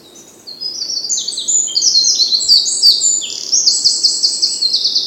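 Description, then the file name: Eurasian wren song: a shrill, rapid cascade of high notes lasting nearly five seconds, still going in a fast, even trill at the end. "Troglodytes troglodytes"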